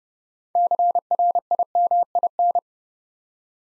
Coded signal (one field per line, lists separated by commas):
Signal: Morse code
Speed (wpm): 30 wpm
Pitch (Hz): 700 Hz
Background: none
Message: CRIMIN